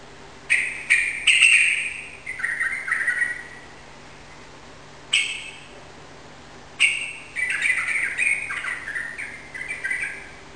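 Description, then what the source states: Yellow-vented bulbul song in short, rapid, chattering bursts, some brief and sharp, others longer and bubbling, separated by quiet gaps; faint low hum throughout. Rapid continuous song style called ropel; bird recorded indoors in a room.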